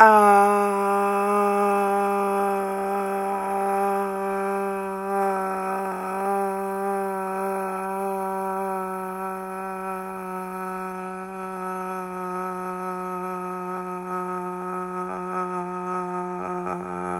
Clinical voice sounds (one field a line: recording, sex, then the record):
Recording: sustained vowel /a/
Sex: female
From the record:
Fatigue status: no fatigue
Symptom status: asymptomatic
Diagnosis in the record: COVID-19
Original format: m4a